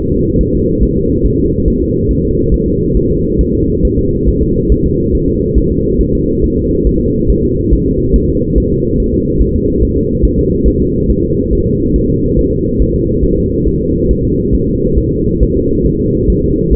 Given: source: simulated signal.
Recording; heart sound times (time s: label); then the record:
fetal heart sounds
0.12 s: S2
0.41 s: S1
0.55 s: S2
0.83 s: S1
0.97 s: S2
1.26 s: S1
1.40 s: S2
1.68 s: S1
1.82 s: S2
2.11 s: S1
2.25 s: S2
2.54 s: S1
2.68 s: S2
2.97 s: S1
3.11 s: S2
3.41 s: S1
3.55 s: S2
3.85 s: S1
3.99 s: S2
4.28 s: S1
4.43 s: S2
4.72 s: S1
4.86 s: S2
5.15 s: S1
5.29 s: S2
5.58 s: S1
5.72 s: S2
6.01 s: S1
6.15 s: S2
6.44 s: S1
6.58 s: S2
6.87 s: S1
7.01 s: S2
7.30 s: S1
7.45 s: S2
7.73 s: S1
7.88 s: S2
8.16 s: S1
8.30 s: S2
8.58 s: S1
8.72 s: S2
9.00 s: S1
9.14 s: S2
9.41 s: S1
9.56 s: S2
9.83 s: S1
9.97 s: S2
10.25 s: S1
10.39 s: S2
10.68 s: S1
10.82 s: S2
11.10 s: S1
11.25 s: S2
11.53 s: S1
11.67 s: S2
11.96 s: S1
12.10 s: S2
12.39 s: S1
12.53 s: S2
12.82 s: S1
12.96 s: S2
13.25 s: S1
13.39 s: S2
13.68 s: S1
13.82 s: S2
14.11 s: S1
14.25 s: S2
14.55 s: S1
14.69 s: S2
14.98 s: S1
15.13 s: S2
15.43 s: S1
15.57 s: S2
15.86 s: S1
16.01 s: S2
16.30 s: S1
16.44 s: S2
16.73 s: S1
From the record:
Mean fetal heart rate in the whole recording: 140 bpm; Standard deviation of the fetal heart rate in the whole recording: 2 bpm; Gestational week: 34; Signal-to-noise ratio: -14.7 dB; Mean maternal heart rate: 72 bpm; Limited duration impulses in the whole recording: present